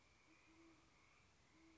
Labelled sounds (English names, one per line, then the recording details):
Great Horned Owl
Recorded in Sonoma County, California